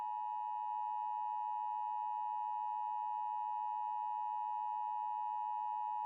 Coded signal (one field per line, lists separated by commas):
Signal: Emergency Alert System (SAME) tones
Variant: 853 and 960 Hz attention tone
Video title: What If Scenario: EAS on 9/11